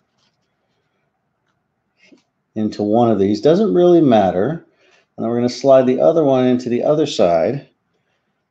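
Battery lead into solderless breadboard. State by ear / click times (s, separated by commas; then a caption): not seated / none. Someone talks while sliding one lead of a battery into a hole on a plastic solderless breadboard, only lining it up before pressing it home. Apart from a faint tick near 2.0 s, the clip is mostly speech in two stretches, and nothing has seated or clicked yet.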